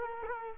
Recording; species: mosquito wingbeat signal from an infrared sensor; Culex quinquefasciatus